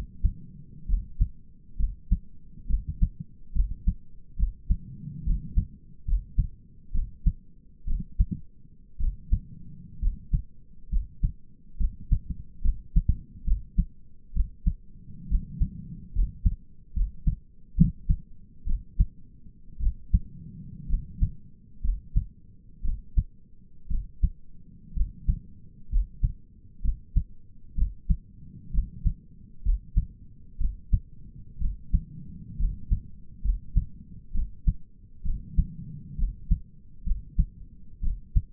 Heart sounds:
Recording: heart sounds by stethoscope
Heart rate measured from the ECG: 65 bpm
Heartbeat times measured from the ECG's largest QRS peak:
0.88 s: heartbeat
1.79 s: heartbeat
2.69 s: heartbeat
3.55 s: heartbeat
4.38 s: heartbeat
5.26 s: heartbeat
6.07 s: heartbeat
6.94 s: heartbeat
7.87 s: heartbeat
9.00 s: heartbeat
10.02 s: heartbeat
10.91 s: heartbeat
11.79 s: heartbeat
12.64 s: heartbeat
13.46 s: heartbeat
14.35 s: heartbeat
15.30 s: heartbeat
16.14 s: heartbeat
16.95 s: heartbeat
17.77 s: heartbeat
18.67 s: heartbeat
19.81 s: heartbeat
20.89 s: heartbeat
21.83 s: heartbeat
22.84 s: heartbeat
23.90 s: heartbeat
24.96 s: heartbeat
25.91 s: heartbeat
26.83 s: heartbeat
27.77 s: heartbeat
28.73 s: heartbeat
29.64 s: heartbeat
30.60 s: heartbeat
31.61 s: heartbeat
32.59 s: heartbeat
33.44 s: heartbeat
34.34 s: heartbeat
35.25 s: heartbeat
36.19 s: heartbeat
37.06 s: heartbeat
38.03 s: heartbeat
From the record:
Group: healthy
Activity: rest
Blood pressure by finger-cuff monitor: 102/66 mmHg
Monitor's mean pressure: 78 mmHg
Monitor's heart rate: 65 bpm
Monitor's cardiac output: 5.7 L/min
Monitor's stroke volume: 86 mL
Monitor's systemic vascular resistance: 970 dyn s/cm5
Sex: male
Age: 22 years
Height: 181 cm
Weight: 79 kg

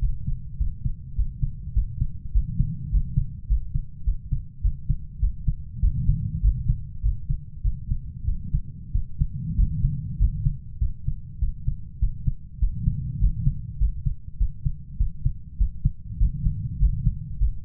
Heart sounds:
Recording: heart sounds by stethoscope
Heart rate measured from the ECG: 100 bpm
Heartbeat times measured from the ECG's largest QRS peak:
0.02 s: heartbeat
0.60 s: heartbeat
1.18 s: heartbeat
1.76 s: heartbeat
2.35 s: heartbeat
2.93 s: heartbeat
3.50 s: heartbeat
4.07 s: heartbeat
4.64 s: heartbeat
5.23 s: heartbeat
5.83 s: heartbeat
6.44 s: heartbeat
7.04 s: heartbeat
7.65 s: heartbeat
8.28 s: heartbeat
8.95 s: heartbeat
9.59 s: heartbeat
10.21 s: heartbeat
10.82 s: heartbeat
11.42 s: heartbeat
12.02 s: heartbeat
12.62 s: heartbeat
13.22 s: heartbeat
13.81 s: heartbeat
14.40 s: heartbeat
15.00 s: heartbeat
15.60 s: heartbeat
16.21 s: heartbeat
16.81 s: heartbeat
17.41 s: heartbeat
From the record:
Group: healthy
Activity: rest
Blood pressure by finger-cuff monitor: 158/73 mmHg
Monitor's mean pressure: 97 mmHg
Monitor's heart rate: 101 bpm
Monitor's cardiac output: 8.9 L/min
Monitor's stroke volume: 89 mL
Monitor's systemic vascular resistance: 850 dyn s/cm5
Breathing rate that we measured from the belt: 17 breaths a minute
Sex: male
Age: 21 years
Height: 175 cm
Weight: 72.6 kg

